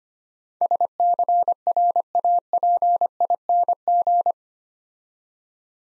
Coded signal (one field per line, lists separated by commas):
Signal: Morse code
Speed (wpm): 26 wpm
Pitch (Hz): 700 Hz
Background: none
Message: SCRAPING